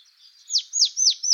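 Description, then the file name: Marsh tit uttering four clear, sharply descending high notes spaced about a quarter second apart, after a faint thin chatter. "Poecile palustris"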